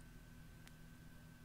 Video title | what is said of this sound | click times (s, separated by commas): Building a Really Bare Bones Board (Part 1) | and it snaps in with a nice resounding little click | 0.7 s